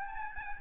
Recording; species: mosquito wingbeat signal from an infrared sensor; Aedes albopictus